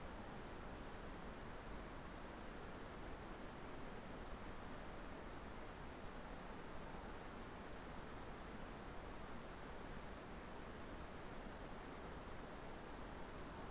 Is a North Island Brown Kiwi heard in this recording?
no